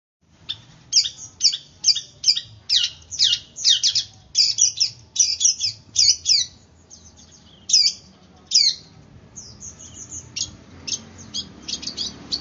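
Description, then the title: Long-tailed shrike song: harsh, scratchy high notes in quick irregular bursts, loud at first, then softer, thinner chatter toward the end. Song style called 'kombinasi' (combination). "Cendet Kombinasi"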